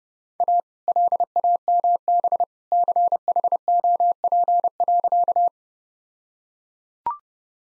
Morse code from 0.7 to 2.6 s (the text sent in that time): LAMB